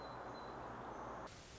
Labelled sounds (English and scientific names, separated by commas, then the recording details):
Song Sparrow (Melospiza melodia)
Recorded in Sonoma County, California